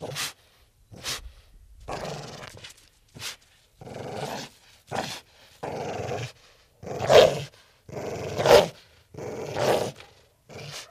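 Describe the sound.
Pit bull alternating short sharp barks with longer, drawn-out growling barks, the loudest about two-thirds of the way through.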